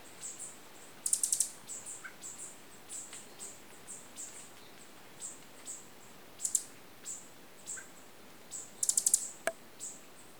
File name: Green Honeycreeper